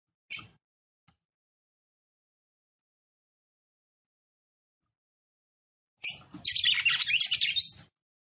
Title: CANTO DA FÊ MEA GALO CAMPINA FOGOSA LEVANTA FOGOESQUENTA GALO CAMPINA MACHO RAPIDINHO FÊ MEA NERVOSA